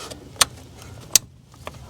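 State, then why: Seated. On a 2016 Ford Transit XLT350, the PCV/recirculation tube's quick-connect coupling is pushed back onto its engine fitting. A sharp click at 1.2 s marks the coupling locking into place, with a similar earlier snap at 0.4 s and faint ticks after. The tube is seated and locked.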